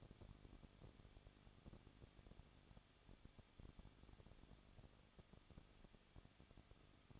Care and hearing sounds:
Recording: daily activity, microphone in the room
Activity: no activity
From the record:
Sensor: 4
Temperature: 23.1 degrees Celsius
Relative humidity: 34.3%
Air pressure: 1007.2 hPa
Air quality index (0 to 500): 215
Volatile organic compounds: 15 ppm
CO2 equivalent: 2490 ppm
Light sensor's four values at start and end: 2/3/1/1 and 2/3/1/1

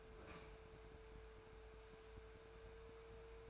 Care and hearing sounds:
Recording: daily activity, microphone in the room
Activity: open fridge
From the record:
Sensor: 2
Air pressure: 1014.7 hPa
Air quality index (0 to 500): 191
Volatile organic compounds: 16 ppm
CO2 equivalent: 2527 ppm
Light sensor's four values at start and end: 11/28/11/12 and 15/38/16/17

